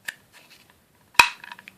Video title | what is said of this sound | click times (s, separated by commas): VAX Air Cordless Lift Upright VacuumOverview/Demo | um so you use it like that as a dusting brush sorry as a crevice tool and you push it up till it clicks | 1.2 s